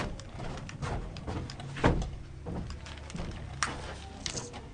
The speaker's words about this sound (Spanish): Yo dejé la puerta abierta y se mete más ruido todavía. Mira, es un escándalo. Pero, le voy a cerrar la puerta, si usted me permite, en este mismo momento.